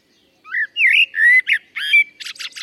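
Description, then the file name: Common blackbird song phrase: flute-like warbling notes leading into a brief burst of scratchy, high-pitched twittering. "Turdus merula"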